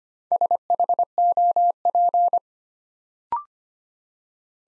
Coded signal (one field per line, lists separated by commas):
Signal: Morse code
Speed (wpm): 25 wpm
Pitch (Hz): 700 Hz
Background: none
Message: SHOP